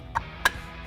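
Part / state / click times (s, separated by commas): caliper cover clip onto caliper mounting bracket / seated / 0.5 s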